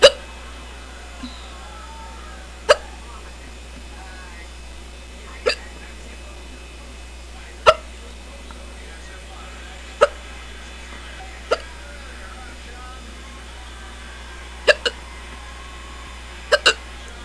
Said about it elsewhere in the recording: Got to be the strongest case of hiccups I've had in a long time. It's really hurting my throat.